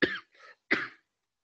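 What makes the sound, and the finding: Adult man. Cough.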